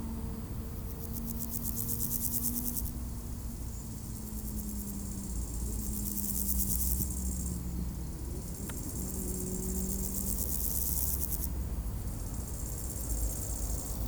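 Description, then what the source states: Grasshopper song in long, buzzy pulsed bursts of a few seconds, alternating with pauses, while traffic drones low beneath with faint humming engine tones. Beside the D633 road at Aveize, France, with passing cars; Sony PCM-M10 recorder, AB microphone position.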